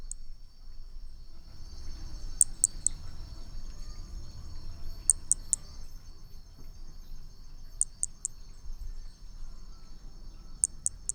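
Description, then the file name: Brachycephalus hermogenesi calling in very high, short clicky notes grouped in threes, four groups spaced about two to three seconds apart, over a steady insect hum and low rumble. Picinguaba, Brazil, 13 December 2017, at 5 to 20 cm from the animal; individual 4, example 3. "B hermogenesi Picinguaba ind 4 ex 3 tudo 5-20 cm distancia 13 dez 2017 MRB"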